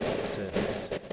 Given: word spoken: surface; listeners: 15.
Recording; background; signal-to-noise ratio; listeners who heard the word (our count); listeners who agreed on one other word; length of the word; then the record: one English word in noise, from a listening test; noise modulated by three-talker babble; -7.2 dB; 4 of 15; 9 of 15; 0.73 s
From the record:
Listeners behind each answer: 9, 4, 1, 1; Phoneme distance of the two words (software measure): 10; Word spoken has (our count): 2 syllables, 5 phonemes, stress on syllable 1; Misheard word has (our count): 2 syllables, 5 phonemes, stress on syllable 1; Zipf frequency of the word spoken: 4.63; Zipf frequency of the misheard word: 5.20